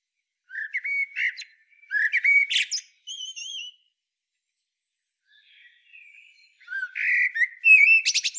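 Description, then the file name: Common blackbird song with two rich whistled phrases ending in thin, high squeaks, a brief pause, then another fluty phrase and twittering close. "Turdus merula"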